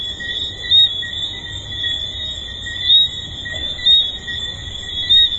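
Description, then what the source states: Tree frogs giving a sustained high-pitched whistling chorus, with a few louder peaks at irregular intervals. Several tree frogs recorded at the Hedonism II resort.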